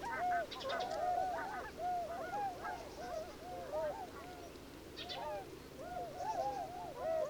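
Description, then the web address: Bewick's swans giving yelping, bugle-like honks in irregular bursts, several birds overlapping. "chant xeno-canto cygne de bewick"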